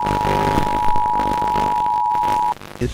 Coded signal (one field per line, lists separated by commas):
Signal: Emergency Alert System (SAME) tones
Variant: 853 and 960 Hz attention tone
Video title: [PHTV ANALOG HORROR/EAS SCENARIO] The N.E.C Archives | euri boii